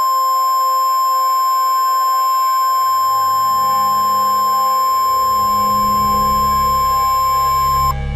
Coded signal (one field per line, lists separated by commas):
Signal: Emergency Alert System (SAME) tones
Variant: 1050 Hz attention tone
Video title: COASTAL ERASING (EAS Scenario)